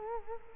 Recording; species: mosquito wingbeat signal from an infrared sensor; Culex quinquefasciatus